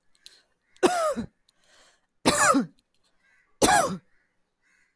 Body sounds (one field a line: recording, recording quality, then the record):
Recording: heavy voluntary cough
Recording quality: excellent, no background noise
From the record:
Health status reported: healthy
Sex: female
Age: 43 years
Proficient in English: yes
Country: India